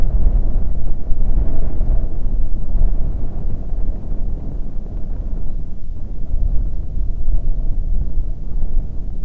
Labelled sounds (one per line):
wind